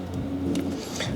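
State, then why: Not seated. A plastic wiring-harness connector is pushed onto its mating plug on an engine harness, but it is 180 degrees out and is about to be flipped over. There is a steady low hum and a brief faint scrape or tap around 0.6 s. Nothing has seated or clicked yet.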